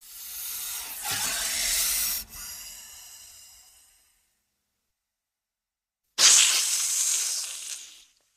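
Snake giving a drawn-out breathy hiss that tails off, followed by a quiet gap and then a sudden strong second hiss.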